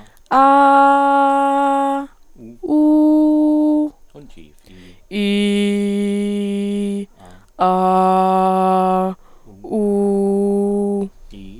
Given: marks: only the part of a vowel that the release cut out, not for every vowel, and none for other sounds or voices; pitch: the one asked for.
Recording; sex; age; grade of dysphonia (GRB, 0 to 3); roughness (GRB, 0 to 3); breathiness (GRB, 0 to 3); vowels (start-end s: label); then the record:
sustained vowels; female; 20 to 29 years; 1; 1; 0
0.46-1.92 s: vowel /a/, high pitch
3.07-3.80 s: vowel /u/, high pitch
5.21-6.96 s: vowel /i/, low pitch
7.70-8.97 s: vowel /a/, low pitch
9.80-10.96 s: vowel /u/, low pitch
From the record:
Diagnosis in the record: healthy voice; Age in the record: 20 years